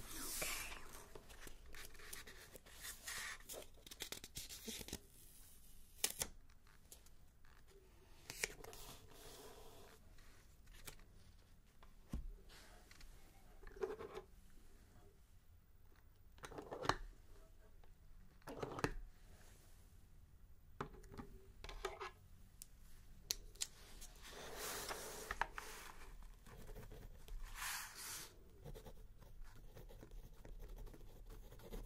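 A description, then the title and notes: Pages turn and paper rustles in short bright bursts, with scattered sharp clicks and taps between them. The sounds come irregularly every second or two, louder flurries near 1, 17, 25 and 28 seconds, over a quiet low hum. Page Turning, Typing and Book Stamping.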